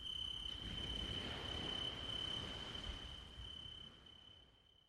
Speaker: Regardez, écoutez les cigales.